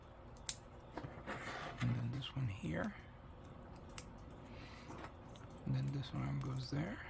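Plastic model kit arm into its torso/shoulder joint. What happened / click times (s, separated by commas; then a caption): Plastic model parts handled, nothing seated yet / none. A painted plastic arm is handled and fitted toward the torso/shoulder joint of a 1/100 MG Zeta Gundam Ver. Ka model kit, with light ticks of handling around 0.5 s and 4.0 s while someone talks. Nothing has seated or clicked yet; the arm is not yet home when the clip ends.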